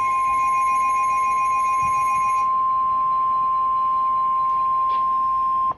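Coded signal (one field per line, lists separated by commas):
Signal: Emergency Alert System (SAME) tones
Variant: 1050 Hz attention tone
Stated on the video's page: Severe Thunderstorm Warning received from weather radio station in Columbus, Ohio.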